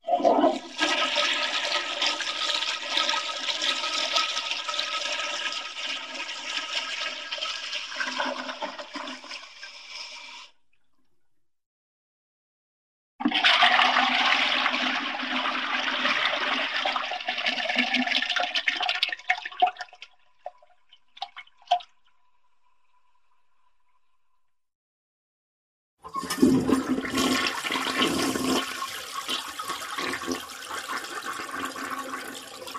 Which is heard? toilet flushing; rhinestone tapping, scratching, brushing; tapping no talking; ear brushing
toilet flushing